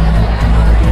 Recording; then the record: background sound without coughing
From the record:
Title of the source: Party Noise 1 Hour Party Ambience